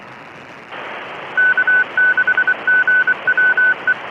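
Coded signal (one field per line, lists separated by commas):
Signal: Morse code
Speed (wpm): 24 wpm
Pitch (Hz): 1500 Hz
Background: none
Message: K6GWE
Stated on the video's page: Morse heard while listening to the radio during a livestream.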